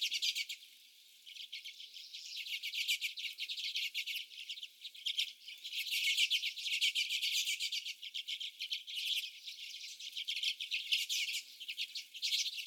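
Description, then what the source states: Common redpolls in a twittering flock, quick dry chips and trills overlapping in a steady, bustling chorus that swells midway. Several birds.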